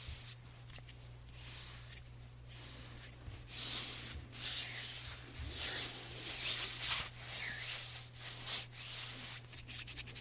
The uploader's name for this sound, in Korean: 손소리 , 핸드무브먼트 , 이어블로잉